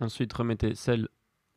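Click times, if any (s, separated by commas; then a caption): none. The touchscreen flex cable connector is being handled over its socket on an iPhone 5 logic board, ready to be pressed in, while someone talks. Nothing has seated or clicked yet.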